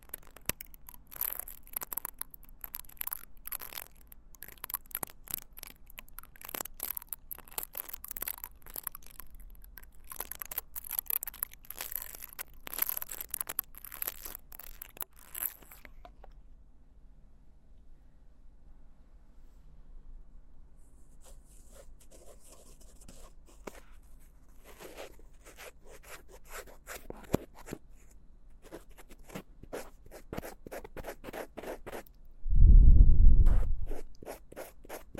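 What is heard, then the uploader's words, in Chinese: Deep ear cleaning, with dense, fast scratchy crackles and rustles for the first sixteen seconds, then a near-silent pause. Sparser, softer scraping returns around twenty seconds, and a loud, low muffled thump swells near thirty-three seconds before fading. ASMR×KU100。掏耳．梵天．馬尾絲。Deep Ear Cleaning。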